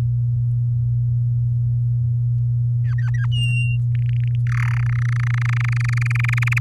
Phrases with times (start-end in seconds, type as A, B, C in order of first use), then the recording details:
2.84-3.26 A, 3.32-3.77 B, 3.95-4.35 C, 4.47-4.75 D, 4.76-6.59 E. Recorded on 11 May 2018 at 06:08. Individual llb16